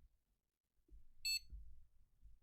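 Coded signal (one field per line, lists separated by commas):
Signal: beep code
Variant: PC POST beep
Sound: one short high beep amid low fan and handling rumble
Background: fan noise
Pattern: 1 short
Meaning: A single short POST beep means the system passed the power-on self-test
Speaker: It power cycled, then it turned on and we got a post beep.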